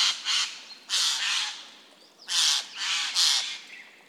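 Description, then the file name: Eurasian jay giving harsh, raspy screeches, two doubled bursts about a second apart, then a pause and three more rough squawks. "Garrulus glandarius"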